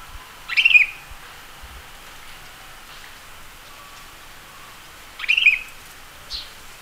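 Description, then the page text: Sooty-headed bulbul giving two short bright liquid calls, one near the start and one about five seconds later, over a steady background hiss. "Sooty-Headed Bulbul Calls Sound Effect. Quick Sounds"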